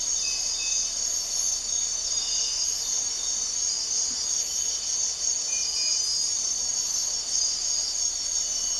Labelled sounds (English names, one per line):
none